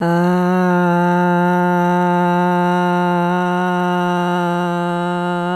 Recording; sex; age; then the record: sustained vowel /a/; female; 50 to 59 years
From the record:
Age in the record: 54 years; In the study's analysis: included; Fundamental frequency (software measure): 177 Hz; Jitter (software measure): 0.35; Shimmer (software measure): 0.50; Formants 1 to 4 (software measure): 851 Hz, 1480 Hz, 2819 Hz, 3872 Hz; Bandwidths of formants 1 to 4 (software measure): 103 Hz, 211 Hz, 140 Hz, 137 Hz